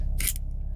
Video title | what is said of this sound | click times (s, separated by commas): How to Replace Mercedes-Benz AMG GLA 35 Key Fob Battery | you're here audible click as well and then you are done | 0.2 s